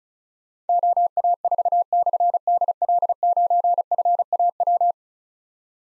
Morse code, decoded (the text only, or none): OA4/DL9FAW